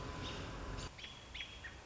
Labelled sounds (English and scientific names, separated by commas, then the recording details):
American Robin (Turdus migratorius)
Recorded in Sonoma County, California